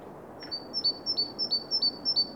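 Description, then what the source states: Bird calling a rapid series of high, thin notes in pairs, evenly spaced over a faint low background hiss. Recorded in Oostduinen.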